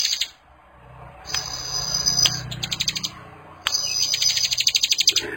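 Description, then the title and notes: Bar-winged prinia singing high, sizzling trills that break into rapid pulsed ticks: the end of one phrase, then two phrases separated by a short gap. Compilation of bar-winged prinias singing in full, energetic voice, and of young birds. "Kicau Ciblek. putri sherin. kumpulan suara burung ciblek gacor dan anakan"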